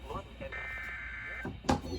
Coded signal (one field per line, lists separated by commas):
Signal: Emergency Alert System (SAME) tones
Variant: header bursts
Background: speech